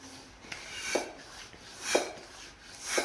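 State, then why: Seated. A bicycle pump head is fitted onto a ball-inflation needle adapter in a ball valve, and its locking lever is flipped closed. One sharp, short click at 0.5 s marks the lever locking the head onto the adapter, followed by three louder swelling rushes of air near 1.0, 2.0 and 3.0 s. The head is seated.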